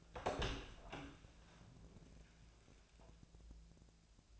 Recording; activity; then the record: daily activity, microphone in the room; open door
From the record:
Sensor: 2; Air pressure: 1000.3 hPa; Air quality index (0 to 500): 174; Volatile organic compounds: 3 ppm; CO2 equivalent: 1442 ppm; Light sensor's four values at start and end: 9/23/9/10 and 10/23/10/10